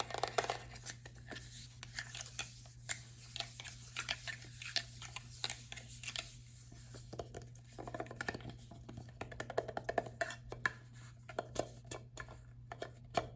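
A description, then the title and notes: A lid is handled, producing rapid, irregular clicks, taps and scrapes that come in clusters for the whole stretch. A steady low electrical hum runs underneath throughout. ASMR Lid Sounds.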